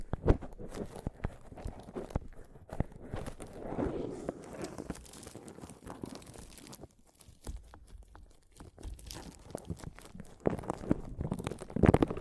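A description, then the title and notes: A microphone is tapped and scratched in a busy, irregular run of thumps, knocks and rough scraping. Sharp, heavy hits land near the start and again toward the end, with a quieter, sparser stretch around the seventh and eighth seconds. ASMR Mic Tapping and Scratching (No Talking).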